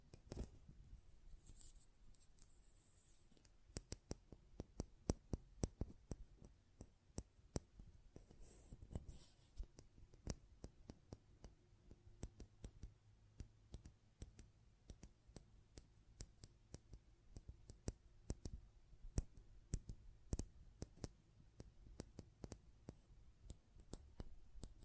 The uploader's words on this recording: ASMR Close Up Metallic Sounds (No Talking).